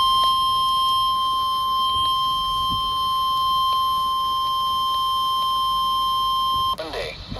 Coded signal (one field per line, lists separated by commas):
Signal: Emergency Alert System (SAME) tones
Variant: 1050 Hz attention tone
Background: speech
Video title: EAS #544-549 Severe Thunderstorm Warning for my area